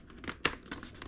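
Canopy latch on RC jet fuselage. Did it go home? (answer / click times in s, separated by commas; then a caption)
yes / 0.5 s. A plastic canopy is fitted onto the foam fuselage of a cheap RC Viper Jet and slid forward until its latch engages. Soft crinkly plastic scrapes at about 0.3 s lead to a sharp, bright click at 0.5 s as the latch locks into place, followed by lighter rustles at 0.7 s and 1.0 s. The canopy is seated.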